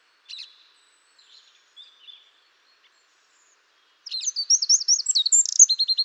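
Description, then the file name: Eurasian wren: a few faint, high call notes, a quiet pause, then a sudden loud run of fast, high, rattling notes. "Troglodytes troglodytes"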